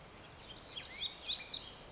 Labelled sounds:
Black-throated Gray Warbler
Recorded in Sonoma County, California

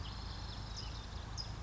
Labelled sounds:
California Towhee
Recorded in Sonoma County, California

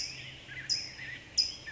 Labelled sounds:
California Towhee
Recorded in Sonoma County, California

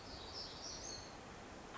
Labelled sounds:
Black-throated Gray Warbler
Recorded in Sonoma County, California

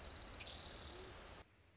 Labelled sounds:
Orange-crowned Warbler
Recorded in Sonoma County, California

